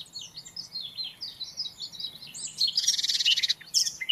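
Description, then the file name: Eurasian blackcap: short run of soft warbled notes over hissing background noise, followed by a loud harsh buzzy rattle and a final sharp note. "Sylvia atricapilla"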